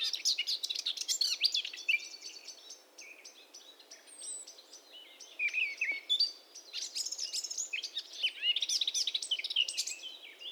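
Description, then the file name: Eurasian blackcap delivering bursts of rich, hurried warbling, with quieter twittering between, and a thin high whistle. "Sylvia atricapilla"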